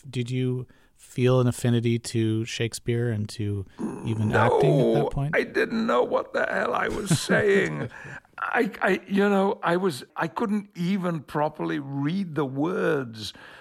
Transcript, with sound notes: Did you feel an affinity to Shakespeare and to even acting at that point?
No, I didn't know what the hell I was saying.
(Laughter).
I - you know, I was - I couldn't even properly read the words.